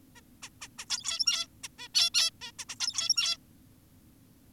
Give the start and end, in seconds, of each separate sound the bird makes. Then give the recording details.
0.16-0.21, 0.43-0.49, 0.62-0.68, 0.78-0.85, 0.90-1.47, 1.64-1.68, 1.79-1.88, 1.95-2.10, 2.14-2.30, 2.42-2.52, 2.59-2.65, 2.69-2.76, 2.80-3.38. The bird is an adult. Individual g17y2U